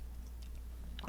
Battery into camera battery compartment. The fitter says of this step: there's a little click